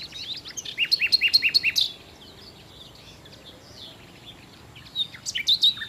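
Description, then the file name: Common nightingale song: a loud run of rapidly repeated liquid notes, a quiet gap with soft chirps, then another loud burst of repeated notes. "Nachtigall"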